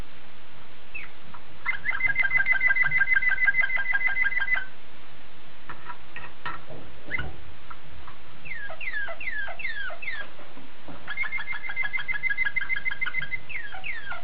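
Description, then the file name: Waterslager canary singing in bursts: rapid rolling trills, scattered single notes and bubbling falling phrases, separated by short pauses. Waterslager breed of canary. "suara kenari waterslager"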